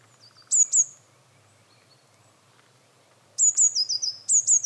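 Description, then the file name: Eurasian blue tit giving two high, piercing notes, falling silent for a few seconds, then a fuller phrase of high notes and a quick trill, repeated. "Cyanistes caeruleus"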